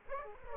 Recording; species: mosquito wingbeat signal from an infrared sensor; Aedes aegypti